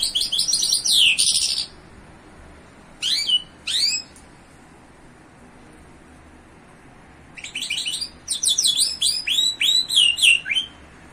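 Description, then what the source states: Bimaculated lark song: a dense chirpy burst, then a few sharp downslurred notes, then a long run of quick descending chirps. In Iran.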